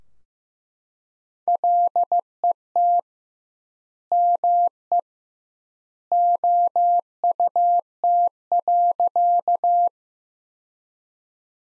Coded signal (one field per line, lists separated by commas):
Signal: Morse code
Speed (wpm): 15 wpm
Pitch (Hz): 700 Hz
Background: none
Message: LET ME OUT.